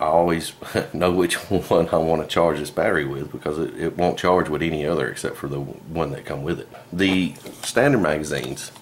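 Someone talks throughout while handling a standard magazine and an ASG VZ61 Scorpion airsoft submachine gun, with the magazine about to be pushed into the gun's magazine well. Nothing has seated or clicked yet by the end of the clip.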